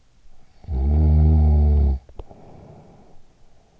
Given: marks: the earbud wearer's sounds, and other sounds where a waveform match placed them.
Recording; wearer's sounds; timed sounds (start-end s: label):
sounds in sleep by an in-ear microphone; snoring breath
0.12-3.72 s: snoring breath